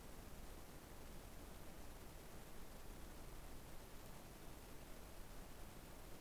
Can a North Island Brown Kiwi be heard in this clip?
no